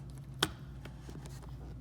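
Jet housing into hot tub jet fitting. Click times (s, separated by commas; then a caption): 0.4 s. A plastic jet housing on a 2018 Hot Spring Flash Limelight hot tub is refitted into its jet fitting and twisted to the right. It gives one sharp, bright click at 0.4 s, followed by a few faint handling taps against a low steady hum. The housing is seated and locked in place.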